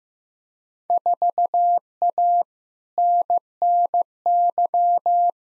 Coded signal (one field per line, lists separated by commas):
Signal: Morse code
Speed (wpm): 15 wpm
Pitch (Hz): 700 Hz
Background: none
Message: 4A NNY